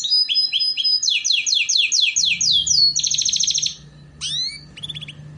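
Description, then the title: Canary song, quick chirped notes building into fast trills, then a pause with low hum and a few falling whistles. Belgian canary song used to warm up and train canaries to sing. "Canto Para Esquentar Canário Belga. Terapi Pancingan Suara Kenari Gacor || Masteran Kenari Paud Belajar Bunyi"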